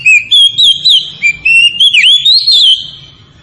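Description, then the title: Oriental magpie-robin song: an unbroken stream of loud, clear whistles rising and falling in quick succession, fading at the end. Tretes variety of oriental magpie-robin, described as in full, active song (gacor). "Kacer Tretes"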